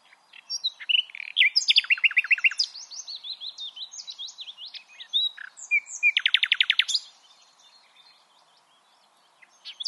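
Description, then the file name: Common nightingale song, varied chattering phrases with fast repeated notes and a loud rapid trill near the end, short gaps between. "Luscinia megarhynchos"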